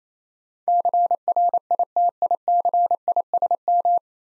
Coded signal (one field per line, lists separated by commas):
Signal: Morse code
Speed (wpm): 27 wpm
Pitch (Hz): 700 Hz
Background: none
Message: CRITICISM